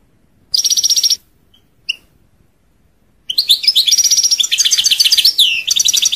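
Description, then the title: European goldfinch singing: a short rattling trill, a couple of isolated high notes, then a lively stream of twittering, buzzy and liquid notes. "Chant Chardonneret"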